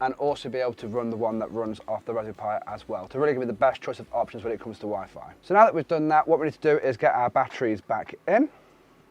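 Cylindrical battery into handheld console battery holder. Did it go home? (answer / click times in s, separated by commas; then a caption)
no / none. A man talks throughout the clip while preparing to put cylindrical lithium cells back into the plastic battery holder of a handheld console. Nothing has been pressed in or clicked into place yet.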